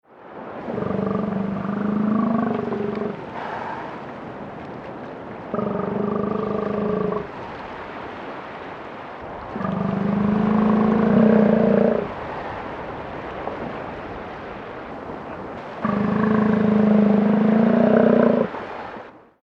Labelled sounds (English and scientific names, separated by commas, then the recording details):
Northern Fur Seal (Callorhinus ursinus)
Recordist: Frommolt, Karl-Heinz
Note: Drohlaute eines Bullen